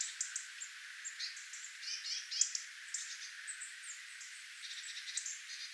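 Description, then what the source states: Tits giving many thin, high calls, dense short chirps overlapping throughout with a steady hiss behind them. Tit flock, recorded 11 October 2024.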